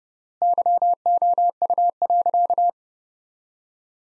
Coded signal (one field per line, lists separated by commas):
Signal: Morse code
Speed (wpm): 29 wpm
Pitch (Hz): 700 Hz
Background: none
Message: YOU.